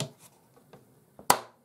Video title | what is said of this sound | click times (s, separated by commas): Brand New 1997 Hoover Purepower U3120 Upright Vacuum Cleaner - Unboxing & Brief Demo | clicks in place like so the | 1.3 s